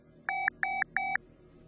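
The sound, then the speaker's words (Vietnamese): Three identical electronic beeps of a phone disconnect tone after a call is hung up, each about a fifth of a second, evenly spaced, steady mid-high pitch with a faint hum underneath and no talking. “Tiếng ngắt tín hiệu vang lên cũng là lúc Thành thở phào nhẹ nhõm.”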